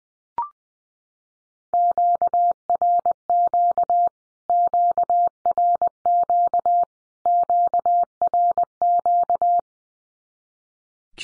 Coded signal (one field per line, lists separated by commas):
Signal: Morse code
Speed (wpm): 20 wpm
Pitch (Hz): 700 Hz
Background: none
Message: QRQ QRQ QRQ